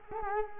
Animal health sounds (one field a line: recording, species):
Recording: mosquito wingbeat signal from an infrared sensor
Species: Culex quinquefasciatus